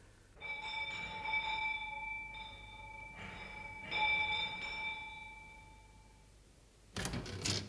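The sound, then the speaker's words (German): The doorbell at the mayor's home rings with a steady, bright metallic tone that swells in several pulses for about six seconds, then stops, followed by a short burst of clattering noise. “Kommt, wir läuten hier.”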